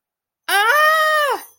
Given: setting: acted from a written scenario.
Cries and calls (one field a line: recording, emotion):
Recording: vocal sound without words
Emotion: elation